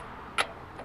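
A click-type torque wrench gives the final tightening to a valve cover bolt on a 1998 Toyota Camry engine at 17 pounds, during replacement of a leaky valve cover gasket and PCV valve. A single short, faint click is heard at 0.4 s over a quiet background. The wrench clicks at its setting, confirming the bolt reached torque.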